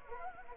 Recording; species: mosquito wingbeat signal from an infrared sensor; Anopheles gambiae